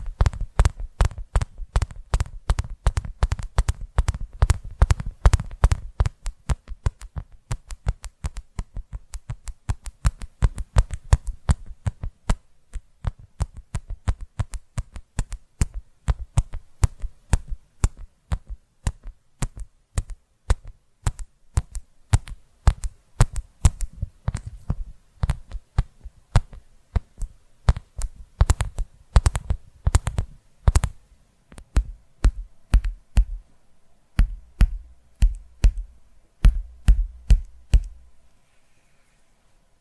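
Tapping triggers come as fast, sharp clicks, dense and rapid at first, then spacing into uneven bursts and short runs with brief pauses. A soft low thump sits under the taps early on and again near the end, and the tapping stops in the last few seconds.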